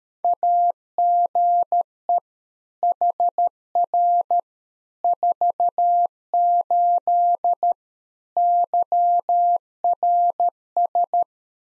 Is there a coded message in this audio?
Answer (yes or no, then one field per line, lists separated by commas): yes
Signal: Morse code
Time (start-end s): 0.2-11.2 s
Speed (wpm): 13 wpm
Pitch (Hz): 700 Hz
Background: none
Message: AGE HR 48 YRS